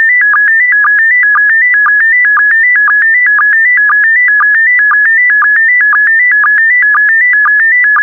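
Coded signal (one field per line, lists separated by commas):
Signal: SSTV (slow-scan television)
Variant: PD120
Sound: warbling tone stepping between a few pitches, with a short low chirp every half second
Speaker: transmission complete you can now check your decoded image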